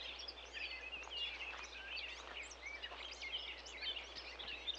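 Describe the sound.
Birds chirping together, a busy chorus of short high twitters and chips over steady background noise.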